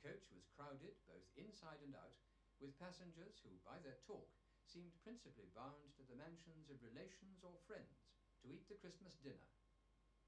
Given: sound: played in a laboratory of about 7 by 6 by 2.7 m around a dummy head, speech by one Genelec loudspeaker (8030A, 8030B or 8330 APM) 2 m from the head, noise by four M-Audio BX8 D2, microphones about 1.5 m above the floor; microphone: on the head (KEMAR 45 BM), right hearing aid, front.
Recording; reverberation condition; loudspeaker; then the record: male speech in English; low; behind (180 degrees)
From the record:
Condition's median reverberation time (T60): about 310 ms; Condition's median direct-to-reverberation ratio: about 3.5 dB